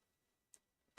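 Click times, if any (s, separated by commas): none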